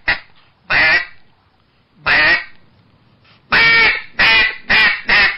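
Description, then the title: Eastern Spot-billed Duck quacking: a few harsh, spaced quacks, then four quacks in quick succession. At Baiyangdian; the duck is nicknamed 水上漂, 'water-skimmer', for its skill on the water. "家住白洋淀——我的观鸟笔记 功夫了得的“水上漂”斑嘴鸭"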